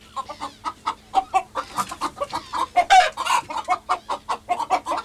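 A hen clucks in a steady run of short, choppy bursts, about a dozen quick mid-pitched notes with a few louder squawky ones in the middle, with no talking.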